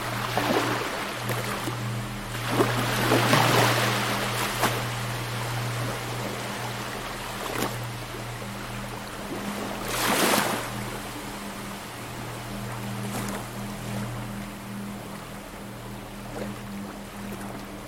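Beach sounds: a steady low hum runs underneath as waves wash in, loudest around three and ten seconds, then fade to a soft hiss.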